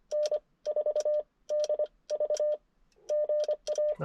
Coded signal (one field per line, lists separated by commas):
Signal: Morse code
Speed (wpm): 25 wpm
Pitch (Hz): 600 Hz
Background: none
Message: N4DV GA